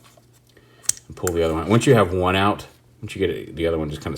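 The second plastic side panel on a toy droid body is pulled out to its extended position, giving a sharp click at 0.9 s after a few faint ticks around 0.5 s. It comes out easily once the first panel is already out, and the panel is released. Someone talks right after the click.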